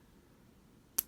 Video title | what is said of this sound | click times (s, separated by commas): Studio Series Core Class Arcee Review - Transformers Rise of the Beasts | you'll kind of hear just like a soft little click and that's kind of clicking into this section here | 1.0 s